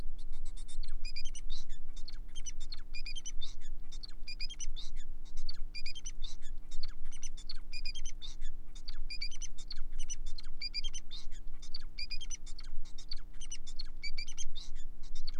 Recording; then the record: song of a male Bengalese finch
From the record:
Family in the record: son of father 4